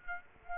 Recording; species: mosquito wingbeat signal from an infrared sensor; Aedes aegypti